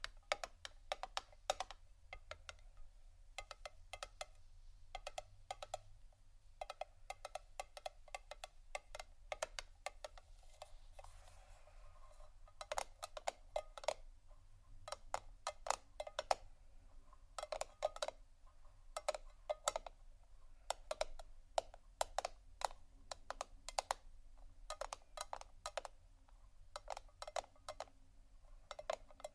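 Quick, sharp taps on assorted hard objects like wood, ceramic and a book, struck in irregular bursts and short runs across the whole half-minute. The clicks are bright and dry, with a brief lull around ten to twelve seconds, over a faint low hum.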